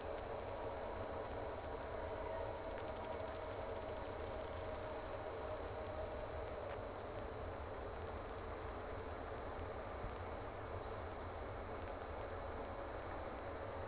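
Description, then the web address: Whale whistles, thin rising and upswept tonal calls late, with a brief burst of rapid clicks early on, over steady low underwater noise. Two whales, recorded 3 October 2006 at 14:09 from Sea Snake, round 2. "Sea Snake 10-3-06 Whales X 2 14-02 Round 2"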